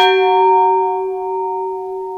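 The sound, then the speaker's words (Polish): A small, reduced replica of the Żwirko and Wigura memorial bell is struck once and rings on alone, its clear mid-pitched tone and bright overtones humming steadily as the sound slowly fades. The original bell was to be hung at Żwirkowisko in Cierlicko, Cieszyn Silesia. “Tak właśnie brzmi i miał być tenże dzwon prezentowany i zawieszony w Cierlicku, na Żwirkowisku, czyli w miejscu, w którym zginęli Żwirko i Wigura, to jest Śląsk Cieszyński.”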